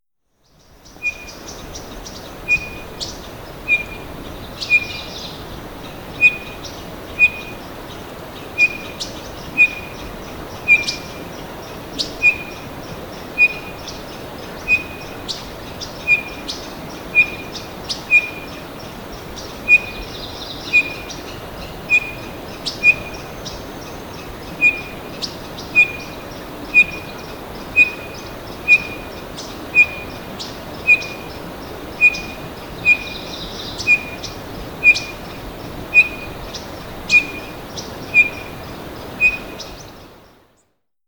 Townsend's Solitaire call recorded on the Black Canyon Trail in Rocky Mountain National Park. Note that various unidentified birds can also be heard in the background.